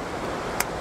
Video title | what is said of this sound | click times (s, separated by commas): Fotografía de larga exposición con Filtros. Paisajes de Mar. Cap. 28 | palanquita hasta que hace clic y ya tengo el filtro del polarizador puesto. | 0.6 s